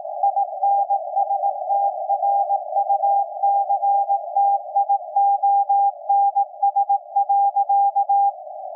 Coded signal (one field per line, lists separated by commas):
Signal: Morse code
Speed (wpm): 18 wpm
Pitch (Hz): 800 Hz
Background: none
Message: INSTRUCTIONS.